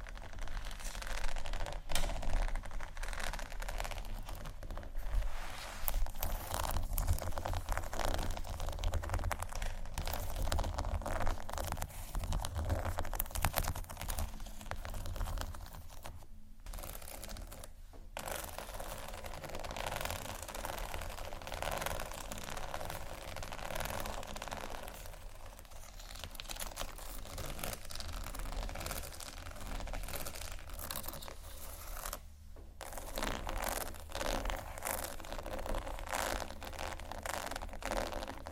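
Scratching sounds run through the whole recording as a dense, busy crackle of quick, uneven strokes, with short gaps near 16, 18 and 32 seconds. A steady low hum sits underneath, and the scratching is a little quieter in the middle section.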